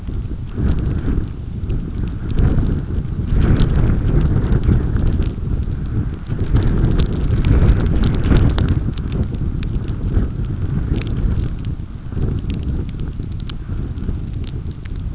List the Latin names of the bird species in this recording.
none